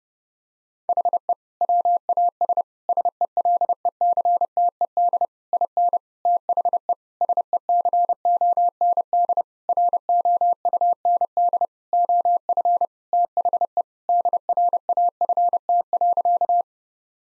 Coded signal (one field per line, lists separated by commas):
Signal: Morse code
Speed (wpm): 30 wpm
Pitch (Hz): 700 Hz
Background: none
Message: HE WAS SELECTED IN THE SECOND ROUND OF THE DRAFT.